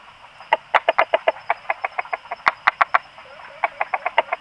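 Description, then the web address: Frog calls, rapid trains of short clucking pulses in bursts with brief pauses, over a faint steady high hum. Recorded 26 April 2020, between 18 and 20 h. "frog rec 18-20 20200426"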